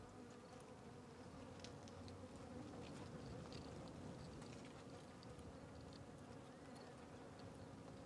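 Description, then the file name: Fly: flies buzzing in a steady low drone with a constant hum, faint clicks and chirps scattered above. Flies circling a tree on the Sertão Zen trail; natural ambience recording. "Ambiencia na Trilha do Sertao Zen com Moscas Circudando Arvore"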